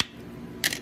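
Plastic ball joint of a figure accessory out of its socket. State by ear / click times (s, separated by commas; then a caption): released / 0.0 s. A plastic ball joint on a figure accessory is pulled out of its socket and pops free with a sharp click at 0.0 s. Quieter handling clicks and rustles follow, and the joint comes out of its socket.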